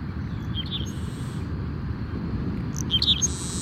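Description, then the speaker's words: Sparrow song: two short, high chirped phrases over a steady low roar of crashing waves. Sparrows singing along with waves crashing on the coast on a humid, salty morning at a migratory bird sanctuary in Louisiana. "I really appreciate the rhythm of the sparrows singing and waves crashing together."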